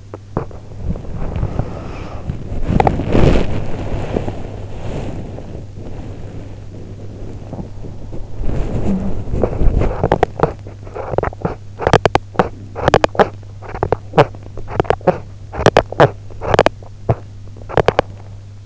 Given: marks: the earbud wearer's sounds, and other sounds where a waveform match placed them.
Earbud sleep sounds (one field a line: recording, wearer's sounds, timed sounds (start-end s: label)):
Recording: sounds in sleep by an in-ear microphone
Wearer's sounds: teeth grinding, body movement, talking in sleep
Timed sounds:
0.08-0.51 s: teeth grinding
0.51-9.64 s: body movement
8.76-9.19 s: talking in sleep
9.64-18.11 s: teeth grinding